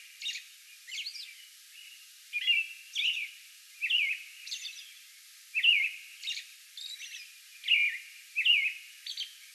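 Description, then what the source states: American robin singing a bout of mellow whistled phrases, some ending in a short inflected note, interspersed with faint high squeaks. Song bout recorded May 11.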